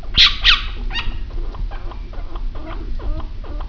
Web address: peppi chinchilla sounds